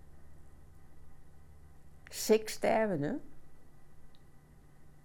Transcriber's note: none